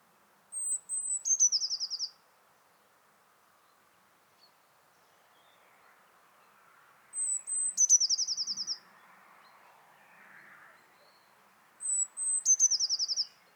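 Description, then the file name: Eurasian blue tit singing three phrases about five to seven seconds apart, each a high thin lead note followed by a short sparkling trill, over faint background noise. "Cyanistes caeruleus"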